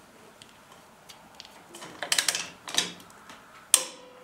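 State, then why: Torque reached. A click-type torque wrench tightens the front wheel bearing adjusting nut on a Willys Jeep CJ3A. A quick series of metallic ratcheting clicks comes around 2.0–2.8 seconds. A sharp, loud click follows at 3.7 seconds as the wrench reaches its 50 ft-lb setting.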